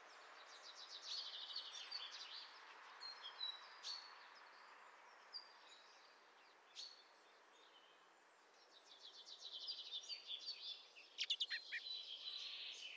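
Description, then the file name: Eurasian blackcap song: soft warbled phrases at the start and end, with scattered single chips between them, over a steady background hiss. "Sylvia atricapilla"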